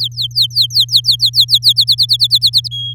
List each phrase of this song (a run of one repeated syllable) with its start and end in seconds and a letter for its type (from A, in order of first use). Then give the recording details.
0.00-1.73 A, 1.76-2.68 B, 2.71-2.94 C. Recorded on 6 May 2018 at 08:20. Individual llb16